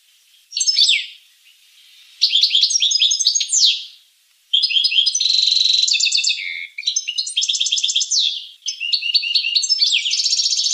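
Finch song: several phrases of rapid buzzy trills and chattering notes, some ending in a downward sweep, with brief gaps between phrases.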